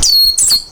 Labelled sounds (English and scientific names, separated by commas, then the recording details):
Stitchbird (Notiomystis cincta) song
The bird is a male
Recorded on Tiritiri Matangi Island, New Zealand, in 2005
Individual 22, of nest box 31